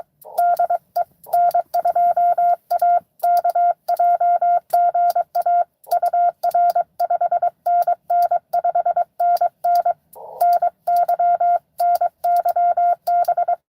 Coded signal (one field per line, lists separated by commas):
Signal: Morse code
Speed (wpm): 23 wpm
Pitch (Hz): 700 Hz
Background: none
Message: DE N2AKJ GA UR 5NN 5NN NY NY B